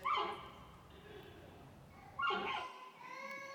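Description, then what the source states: Giant panda giving two whining, bleating calls with rich harmonics, the second trailing into a softer tonal moan. Described as a happy animal making joyful noises.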